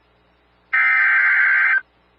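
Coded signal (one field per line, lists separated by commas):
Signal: Emergency Alert System (SAME) tones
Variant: header bursts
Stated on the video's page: Emergency Alert System tones from real alerts relayed by NOAA Weather Radio station WXJ71.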